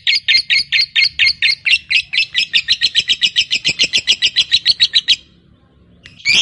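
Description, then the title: Lovebird chatter, a quick series of many harsh high chips over about five seconds, then a short silence and one more burst at the end. Fighter lovebird giving a long ngekek (ngekek panjang). "Begitu Dengar Suara Lovebird FIGHTER NGEKEK PANJANG"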